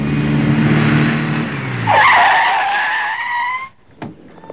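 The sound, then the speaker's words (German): A police patrol car's engine winds down as it arrives, then its tires screech loudly in a sustained high squeal for over a second before cutting off, followed by a single short thump. “Tarzan rief im Polizeipräsidium an und schon wenige Minuten später war Herr Glockner mit einem Streifenwagen und 2 Polizisten zur Stelle.”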